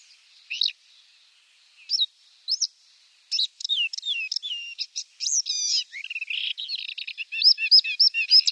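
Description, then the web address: Paddyfield warbler singing: a few separate squeaky notes at first, then a rapid, varied run of chattering, buzzy and whistled phrases. "Schulze Peter Paddyfield Warbler song"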